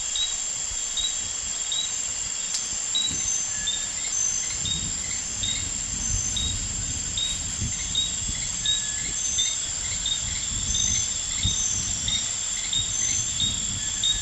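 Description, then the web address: Rain frog calls: short, clear whistled notes repeated steadily, with lower notes between, over a constant high insect drone. Recorded in the Ecuadorian Amazon; genus only, species unidentified. "Natures Songs. Frogs of Ecuadorian Amazon Eleutherodactylus sp"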